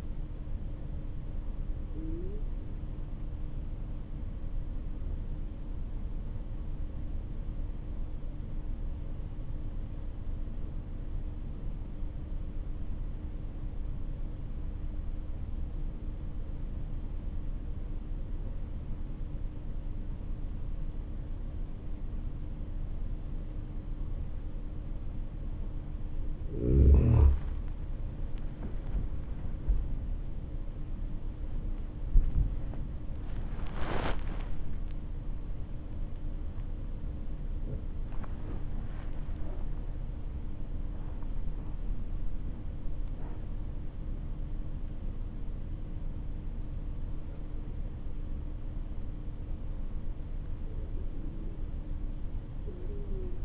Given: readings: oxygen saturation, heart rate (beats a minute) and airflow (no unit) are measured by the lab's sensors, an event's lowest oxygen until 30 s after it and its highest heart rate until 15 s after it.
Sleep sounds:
breathing in sleep by a smartphone at the bedside; 1
5.00-26.40 s: obstructive apnea (N2, oxygen 96% highest, then 91% lowest, heart rate 51 at the start, 69 highest)
From the record:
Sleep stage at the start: N2 (light sleep); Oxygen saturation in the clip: 90 to 96%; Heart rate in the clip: 49 to 74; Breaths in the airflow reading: 7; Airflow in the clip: -11.4 to 12.5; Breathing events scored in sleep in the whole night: 304 in 5.6 hours asleep

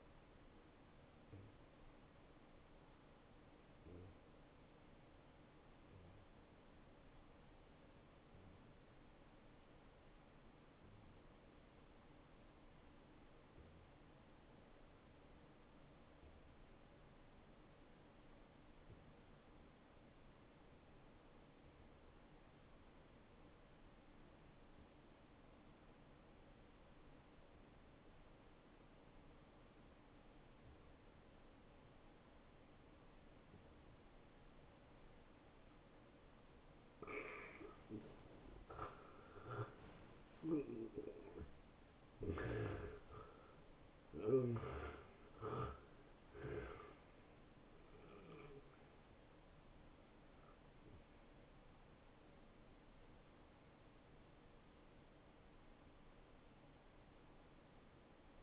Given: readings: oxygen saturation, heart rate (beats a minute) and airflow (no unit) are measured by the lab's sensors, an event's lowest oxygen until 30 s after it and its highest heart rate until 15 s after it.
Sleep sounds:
breathing in sleep by a voice recorder at the bedside; 1
9.00-35.90 s: obstructive apnea (N1, oxygen 92% highest, then 84% lowest)
12.00-42.00 s: new sleep stage, N2 (light sleep)
42.00-58.43 s: new sleep stage, N1 (lightest sleep)
From the record:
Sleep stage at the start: N1 (lightest sleep); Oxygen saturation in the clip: 85 to 92%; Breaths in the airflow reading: 8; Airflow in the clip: -15.3 to 10.2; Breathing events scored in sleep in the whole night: 263 in 5.5 hours asleep

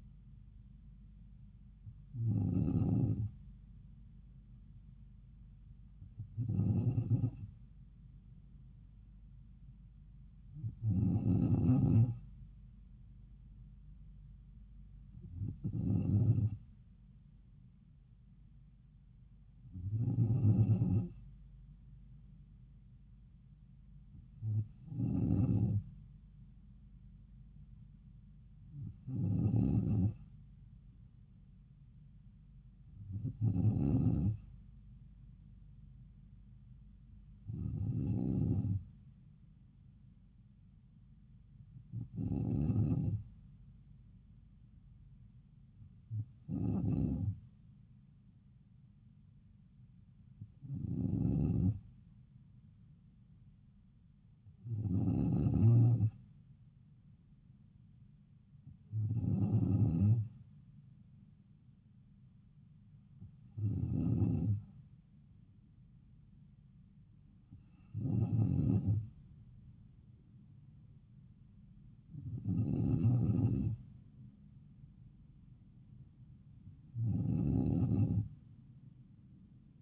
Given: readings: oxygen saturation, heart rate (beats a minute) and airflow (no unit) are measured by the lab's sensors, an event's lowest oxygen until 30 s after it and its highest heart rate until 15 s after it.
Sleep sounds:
breathing in sleep by a smartphone at the bedside; none
none scored
From the record:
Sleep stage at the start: N2 (light sleep); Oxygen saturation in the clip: 94%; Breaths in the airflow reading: 18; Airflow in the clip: -3.2 to 3.2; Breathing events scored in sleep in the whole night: 270 in 6.1 hours asleep

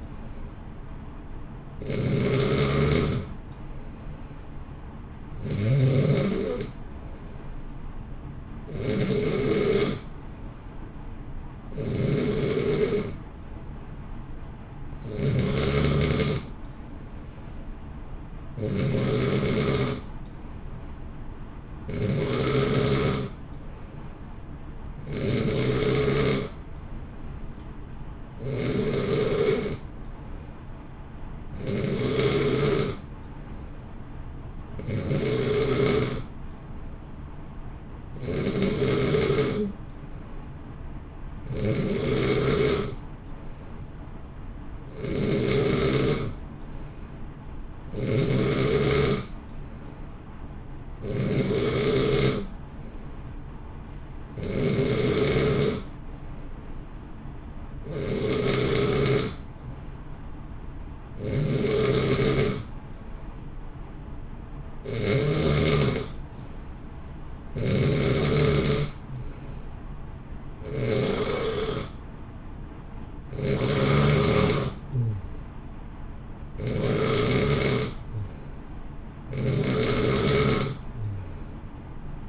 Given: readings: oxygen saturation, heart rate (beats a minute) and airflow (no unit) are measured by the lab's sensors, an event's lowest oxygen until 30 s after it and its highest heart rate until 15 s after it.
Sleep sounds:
breathing in sleep by a smartphone at the bedside; none
none scored
From the record:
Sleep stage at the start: N2 (light sleep); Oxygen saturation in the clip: 90 to 91%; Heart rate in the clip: 58 to 66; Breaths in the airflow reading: 25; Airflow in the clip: -0.7 to 0.8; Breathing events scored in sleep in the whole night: 328 in 6.3 hours asleep

